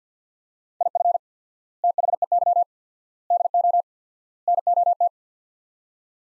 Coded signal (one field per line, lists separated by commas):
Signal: Morse code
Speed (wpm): 50 wpm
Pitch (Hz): 700 Hz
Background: none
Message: IF THEY DO NOT